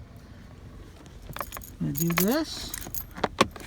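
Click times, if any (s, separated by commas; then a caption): 3.4 s. A plastic steering column cover on a 2003 Toyota Camry, fitted during a multifunction switch replacement, is pressed partly with the knee so its clips pop into the column shroud. Someone talks briefly and keys jangle, then a sharp plastic click at 3.4 s marks the cover seating snugly.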